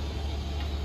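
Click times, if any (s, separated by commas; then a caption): none. A replacement QwikLug terminal repair wire lug is being pushed by hand onto a corroded AC compressor spade terminal. Only a steady low hum and broadband background noise are heard, with no distinct click. The lug has not seated or clicked yet.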